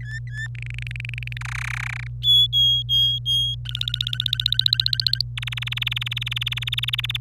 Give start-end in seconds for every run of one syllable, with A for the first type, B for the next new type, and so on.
0.00-0.47 A, 0.55-1.37 B, 1.41-2.07 C, 2.22-3.55 D, 3.65-5.22 E, 5.37-7.17 F